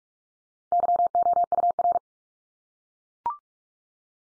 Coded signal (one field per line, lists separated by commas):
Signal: Morse code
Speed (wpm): 44 wpm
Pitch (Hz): 700 Hz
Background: none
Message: YOUR